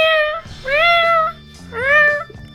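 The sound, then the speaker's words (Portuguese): A person imitates a cat with three drawn-out, fairly loud meows, each bending up then down in pitch, spaced by short pauses over a low steady background hum. “Outra coisa que eu gostava de fazer é deixar de miar quando vejo gatos.”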